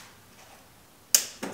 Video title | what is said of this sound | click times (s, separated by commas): Avoiding A $3,000+ Repair With A $150 Mod (V8 4runner Secondary Air Injection System) | it's gonna snap in place there | 1.1 s